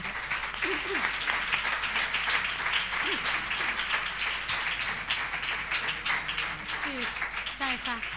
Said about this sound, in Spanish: Un aplauso para...